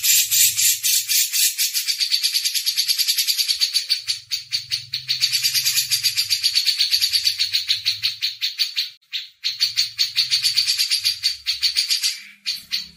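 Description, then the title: Grey-cheeked bulbul chattering almost continuously in rapid, harsh, buzzy notes, with a faint low hum beneath at times. Masteran training audio. "MASTERAN CUCAK JENGGOT"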